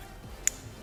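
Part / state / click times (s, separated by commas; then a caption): wire terminal pin into plastic connector housing / seated / 0.5 s. A wire terminal pin, pin four, is pushed into a plastic connector housing while wiring an NSV hood light bar on a Toyota Tundra. One short, sharp, bright click sounds at 0.5 s over a quiet low background. The pin is confirmed seated in the housing.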